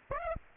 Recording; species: mosquito wingbeat signal from an infrared sensor; Aedes aegypti